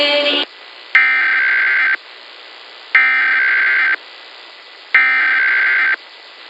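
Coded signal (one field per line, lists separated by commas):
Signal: Emergency Alert System (SAME) tones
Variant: header bursts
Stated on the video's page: National EAS test as aired by Minneapolis/St. Paul radio and TV stations.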